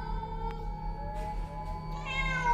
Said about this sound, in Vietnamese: khung cảnh im phăng phắc, chỉ có tiếng lá cây xào xạc và tiếng mèo hoang gọi bầy trong đêm văng vẳng.